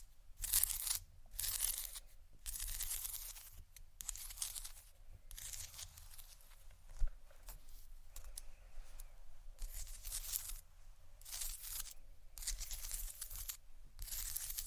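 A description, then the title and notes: Tiles being scratched in repeated bright, rasping strokes, roughly one per second, with a single sharp tap near seven seconds and low rumble underneath. Tiles Scratch & Tap (stone, seashell, glass, etc) (No Talking).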